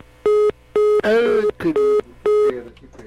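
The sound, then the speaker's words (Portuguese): A telephone busy signal on a failed call repeats as steady, mid-pitched tone pulses in an even on-off rhythm, with a voice briefly talking over the middle of it. “Que pena. Bom, a gente tenta novamente, né? Você tá com o telefone bonitinho aí. Vamos tentar novamente.”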